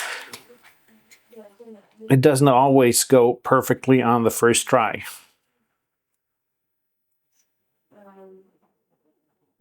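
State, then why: Not seated. A small LoRa radio circuit board is being wiggled and pressed toward its tight-fitting plastic enclosure while someone talks, with faint handling noise under the speech. After the talking stops there is near silence, with one brief faint tonal sound around 8 seconds. Nothing has seated or clicked yet.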